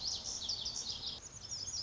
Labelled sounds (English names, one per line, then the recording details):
Lazuli Bunting
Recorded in Sonoma County, California